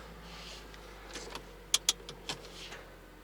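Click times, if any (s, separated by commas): 1.7 s, 1.9 s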